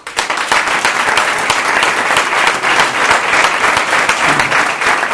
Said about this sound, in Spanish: Así que gracias a todos vosotros por ayudarnos y por haber hecho la cofradía que tenemos. El aplauso para vosotros.